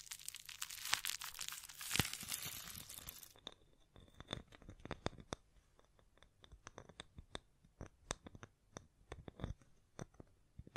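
Hand sounds brush, scratch and tap against a microphone. For the first three seconds a dense, bright rustling scratch fills the sound, then it thins into scattered dry taps and crinkly clicks, irregular but frequent, with small scraping brushes between them.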